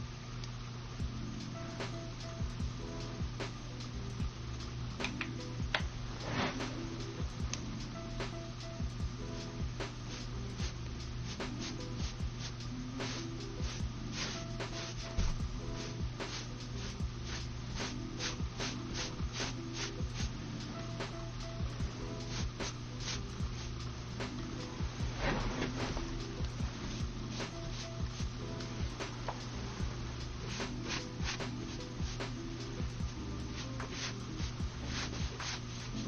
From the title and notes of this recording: TimASMR-LoFi Doing your Makeup Sounds (Brushing, Tapping, Personal Attention, No Talking).